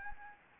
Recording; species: mosquito wingbeat signal from an infrared sensor; Anopheles gambiae